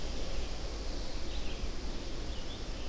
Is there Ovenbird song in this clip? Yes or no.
no